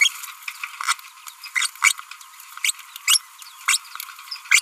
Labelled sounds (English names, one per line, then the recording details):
Green-rumped Parrotlet babbling
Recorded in a nest box in Venezuela
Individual 18B25A3